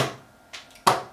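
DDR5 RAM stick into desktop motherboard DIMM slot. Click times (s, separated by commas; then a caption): 0.9 s. A Corsair Dominator Platinum RGB DDR5 desktop memory stick is lined up and pressed down into its DIMM slot on a Lenovo Legion 7i Gen 8 motherboard, going back into slot two where the original sat. A softer tap comes at 0.55 s, then a sharp, loud click at 0.9 s as the retention latch snaps shut. The module is seated.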